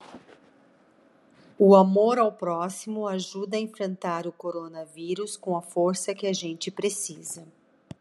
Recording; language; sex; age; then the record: spoken sentence; Brazilian Portuguese; female; 40 to 49 years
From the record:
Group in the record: control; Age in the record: 48 years